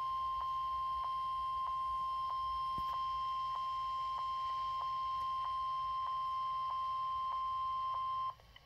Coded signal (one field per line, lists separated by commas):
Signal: Emergency Alert System (SAME) tones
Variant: 1050 Hz attention tone